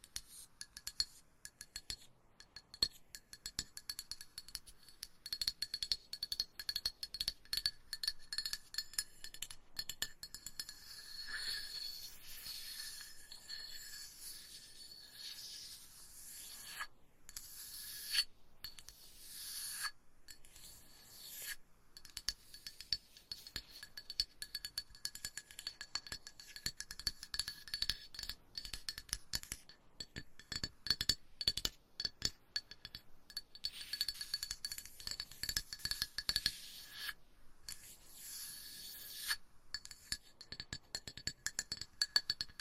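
Quick, uneven tapping and scratching on a hard, glassy surface, with a faint ringing tone under the clicks. The taps come in dense bursts throughout, with a few brief pauses near the middle and toward the end. Sharp, bright clinks stand out occasionally.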